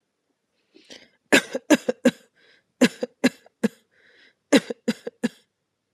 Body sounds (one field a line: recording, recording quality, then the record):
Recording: shallow voluntary cough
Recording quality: excellent, no background noise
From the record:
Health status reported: healthy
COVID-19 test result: not tested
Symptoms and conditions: none ticked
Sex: female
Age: 37 years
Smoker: not ticked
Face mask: not worn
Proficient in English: yes